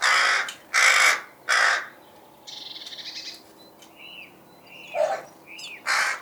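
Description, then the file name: Rook giving three harsh caws, then quieter chattering and short whistled notes, and one more caw at the end. "roek"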